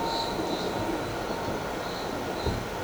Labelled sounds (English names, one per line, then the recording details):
none
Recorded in shrubland near Pivijay, Magdalena, Colombia, on 13 April 2023 at 15:00
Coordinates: 10.453, -74.365
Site P5-G022